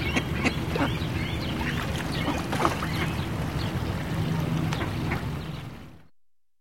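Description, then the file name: Ducks give quick, rasping quacks in uneven runs over a constant low rumble that fades out near the end. Ducks quacking at a city pond. "Sound Ideas 2000 Series. Ducks Quack In City Pond"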